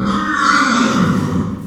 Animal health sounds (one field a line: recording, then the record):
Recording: squeal of a Yucatan mini pig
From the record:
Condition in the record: after surgery on the right vocal fold (resection and tissue-engineered implant)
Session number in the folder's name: 14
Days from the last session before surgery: 133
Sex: female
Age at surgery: 19 weeks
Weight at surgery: 25 kg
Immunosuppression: prednisolone